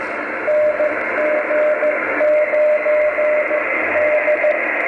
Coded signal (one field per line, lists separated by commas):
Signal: Morse code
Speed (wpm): 14 wpm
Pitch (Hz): 600 Hz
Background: radio noise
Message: NG9D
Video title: ICOM-703 3DX QSO